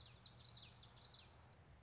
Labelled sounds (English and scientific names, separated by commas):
Common Yellowthroat (Geothlypis trichas)